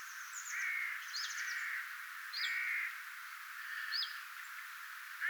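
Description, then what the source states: Common chiffchaff calls: thin downward-slurred high notes given at uneven intervals, with a broad mid-pitched hiss behind them that swells and fades. 2 October 2024; sound rendered as "vifviy".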